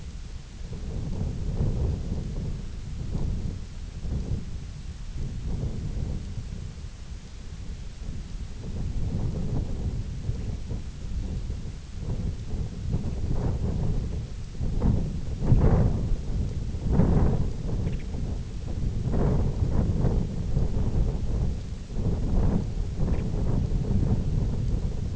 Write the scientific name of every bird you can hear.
Arenaria interpres